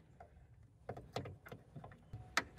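A bulb socket is put back into the rear turn signal light housing of a 2012 Toyota Corolla, with several light ticks and scrapes of handling. A sharp, loud snap at 2.4 s marks the socket locking into the tail light housing, seated in place.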